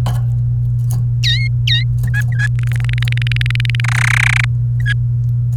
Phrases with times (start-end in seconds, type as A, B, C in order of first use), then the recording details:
1.23-1.83 A, 2.07-2.47 B, 2.59-3.80 C, 3.84-4.45 D, 4.80-4.93 B. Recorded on 29 April 2018 at 11:53. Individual llb3